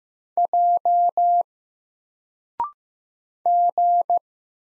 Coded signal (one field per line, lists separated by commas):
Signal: Morse code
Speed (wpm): 15 wpm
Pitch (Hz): 700 Hz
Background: none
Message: J G